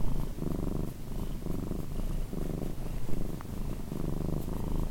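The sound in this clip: Domestic cat purring, a throaty low vibration in several distinct breath bursts, with one brief click.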